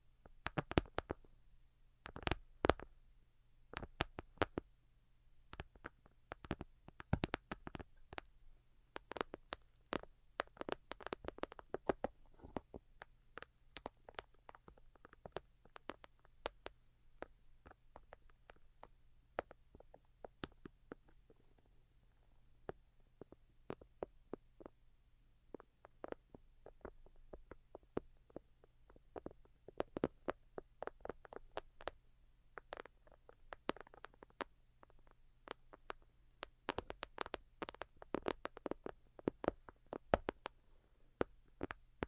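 Delicate tapping in quick irregular clusters throughout, busier near the start and around thirty-five seconds, over a faint steady low hum.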